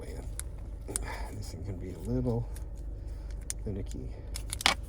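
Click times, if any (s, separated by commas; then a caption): 4.7 s. The metal emergency key of a 2023–2027 Honda Accord is pushed fully into its plastic key fob housing while someone talks, and the fit is finicky. Small clicks and rattles sound along the way, then a sharp click at 4.7 s as the key seats home in the fob.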